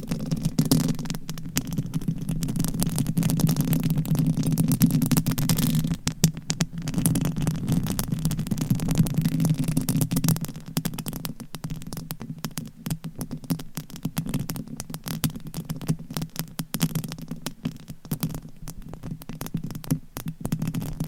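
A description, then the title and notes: Scratching on a microphone cover produces a dense, rough rustle with a strong low rumble running underneath. The scraping is busiest and loudest for the first six seconds, then turns into thinner, choppier strokes with frequent short dropouts through to the end. ASMR Mic Scratching - Brain Scratching with Different Mic Covers 100% Tingles - Asmr No Talking.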